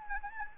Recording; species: mosquito wingbeat signal from an infrared sensor; Anopheles gambiae